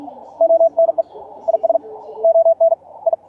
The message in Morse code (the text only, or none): ONE IS ON I